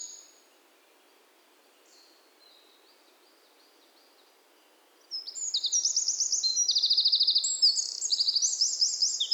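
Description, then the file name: Eurasian wren: after a quiet spell, a loud, rapid, high trilling song bursts out with rattling runs of notes. "Troglodytes troglodytes"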